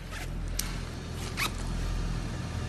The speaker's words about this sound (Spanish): Te baja la cremallera.